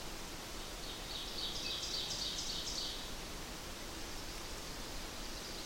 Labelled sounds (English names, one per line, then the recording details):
Ovenbird song
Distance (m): 70 m
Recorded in boreal forest in Alberta, Canada, on 8 June 2016 at 06:48
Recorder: SongMeter 3, array SBT-3-9
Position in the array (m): 47 m, 103 m
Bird 33